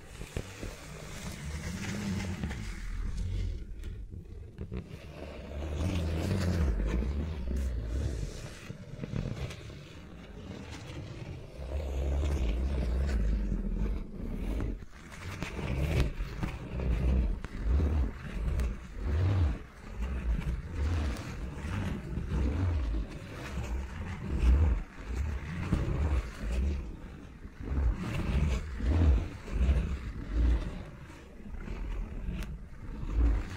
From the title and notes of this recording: ASMR with Mics Around My Fingers (No Talking).